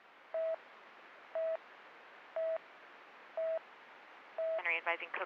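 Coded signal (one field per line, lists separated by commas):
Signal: none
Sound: police radio talk beeps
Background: speech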